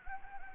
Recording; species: mosquito wingbeat signal from an infrared sensor; Anopheles gambiae